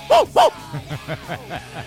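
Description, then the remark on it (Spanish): A French bulldog in Rabbit Hush, Kentucky, lets out two loud, sharp barks, followed by a quick run of softer, evenly spaced yaps that trail off. “Eligen un perro en una localidad que se llama Picadillo de Conejo.”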